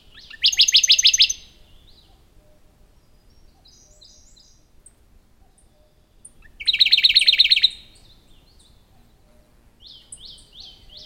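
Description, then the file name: Radde's warbler giving a fast, rattling trill twice, about six seconds apart, with softer high notes in between and a short run of high notes at the end. "warbler-radde -Phylloscopus-schwarzi"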